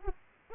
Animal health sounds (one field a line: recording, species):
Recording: mosquito wingbeat signal from an infrared sensor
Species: Aedes aegypti